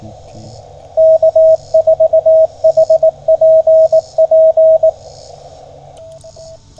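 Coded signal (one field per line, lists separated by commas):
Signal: Morse code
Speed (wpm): 17 wpm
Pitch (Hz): 640 Hz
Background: radio noise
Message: K4HPP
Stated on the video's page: Park activation CW from Henry Horton State Park, Tennessee, on a Yaesu FT-817 with 300 Hz filter and CHA SS25 antenna.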